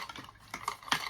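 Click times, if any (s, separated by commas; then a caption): 0.9 s. While assembling a manual yarn winder, two small tabs are lined up and the plastic cone part is pushed onto the winder body. A few light plastic taps and knocks come first, then a sharp click at 0.9 s as the cone locks into place, seated on the body.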